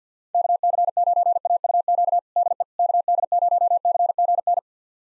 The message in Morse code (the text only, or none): KC9AUQ DE KD0CGN